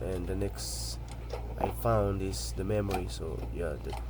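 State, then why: Not seated. A RAM module is being handled at the memory slot of a desktop motherboard while someone talks over a steady low hum. Nothing has seated or clicked yet; the clip ends just before the module goes home.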